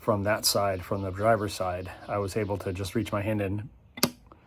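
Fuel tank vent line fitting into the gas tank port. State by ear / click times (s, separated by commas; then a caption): seated / 4.0 s. Someone talks while reaching in by hand from the driver's side to push a fuel tank vent line fitting into its port on the gas tank. A short, sharp tick sounds at 4.0 s as the fitting pops in and seats.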